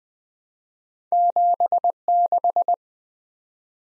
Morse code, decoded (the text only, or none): 76